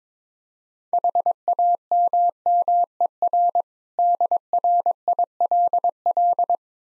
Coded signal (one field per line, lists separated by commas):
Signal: Morse code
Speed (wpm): 22 wpm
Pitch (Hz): 700 Hz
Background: none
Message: HAMMER DRILL